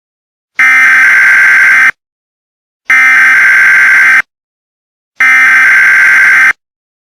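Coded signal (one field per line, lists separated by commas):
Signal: Emergency Alert System (SAME) tones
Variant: header bursts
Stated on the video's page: Fictional EAS scenario remaster, not a real alert.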